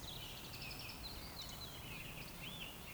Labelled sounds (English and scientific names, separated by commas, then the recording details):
Eurasian Woodcock (Scolopax rusticola) whistle
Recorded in Baden-Württemberg, Germany, on 11 June 2020 at 20:12 UTC
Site 14569, 102 m above sea level